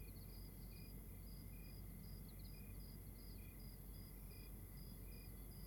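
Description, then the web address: Crickets chirping in short repeated pulses, high bursts several times a second over a steady high tone, with a constant low rumble beneath. Outdoors at night in Rwanda. "Monte Sound - Atmospheres of Rwanda AMB External Rwanda Night Crickets"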